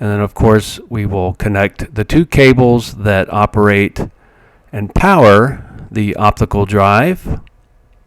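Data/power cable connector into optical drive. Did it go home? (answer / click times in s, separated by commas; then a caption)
no / none. Someone talks about connecting the data and power cable connectors to a computer's optical drive, which snap right in. The cables are being handled, but nothing has seated or clicked yet when the clip ends.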